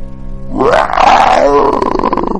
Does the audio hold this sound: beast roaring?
yes